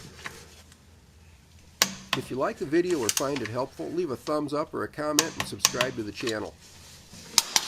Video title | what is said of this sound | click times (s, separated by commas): Jeep Liberty Transfer Case Service - Changing the Transfer Case Fluid in a Jeep Liberty! | I set the desired torque value and can hear and feel the click when it reaches the set value. | 1.8 s